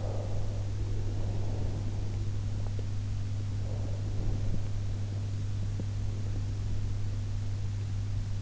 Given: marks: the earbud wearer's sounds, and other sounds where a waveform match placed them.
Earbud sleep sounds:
sounds in sleep by an in-ear microphone; breath
0.00-2.23 s: breath
3.60-4.75 s: breath

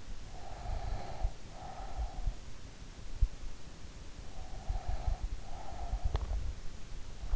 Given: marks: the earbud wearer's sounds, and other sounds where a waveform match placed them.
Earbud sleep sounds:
sounds in sleep by an in-ear microphone; breath, teeth grinding
0.00-2.50 s: breath
4.06-6.74 s: breath
5.94-6.46 s: teeth grinding

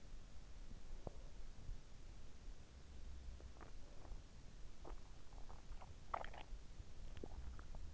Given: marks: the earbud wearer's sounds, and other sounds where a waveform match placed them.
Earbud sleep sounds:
sounds in sleep by an in-ear microphone; swallowing
2.56-7.94 s: sound from someone else or the room
3.24-7.94 s: swallowing

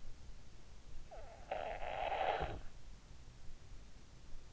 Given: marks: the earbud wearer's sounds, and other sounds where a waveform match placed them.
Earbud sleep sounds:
sounds in sleep by an in-ear microphone; snoring breath
0.45-3.28 s: snoring breath

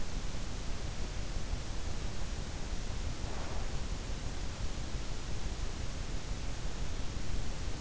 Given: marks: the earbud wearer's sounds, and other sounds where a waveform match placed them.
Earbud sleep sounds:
sounds in sleep by an in-ear microphone; breath
3.33-3.91 s: breath

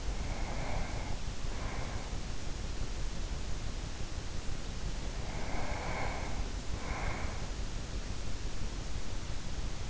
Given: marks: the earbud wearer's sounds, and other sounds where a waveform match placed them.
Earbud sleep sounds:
sounds in sleep by an in-ear microphone; breath
0.00-2.52 s: breath
5.07-7.56 s: breath

